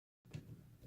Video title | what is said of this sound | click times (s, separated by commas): how to assemble ST Series (Normal Type Cable Chains) | it in and you'll hear the clicking sound there you go | 0.3 s